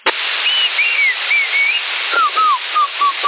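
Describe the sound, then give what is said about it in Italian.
A whistled tune comes through a CB radio in Sassari, May 2019, tinny and band-limited over steady static hiss, with gliding notes followed by a string of short, falling whistles. “Chi è il fischio?”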